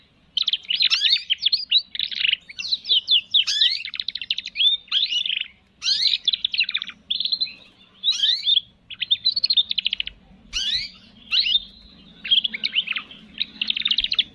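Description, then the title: Canary song in bursts of rapid rolling trills and sharp whistled sweeps, broken by brief pauses, with a faint steady hum beneath. Canary singing energetically, with fine melodic phrasing and rich, elaborate inserted notes. "Kenari Gacor Cengkok Terbaik Isian Paling Mewah"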